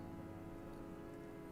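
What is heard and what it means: A plastic brick sub-assembly is handled and pressed toward two technic connector pins on a LEGO NASA Space Shuttle Discovery 10283 model, with a steady low hum and light rustling throughout. Nothing has seated or clicked yet; the clip ends before the part goes home.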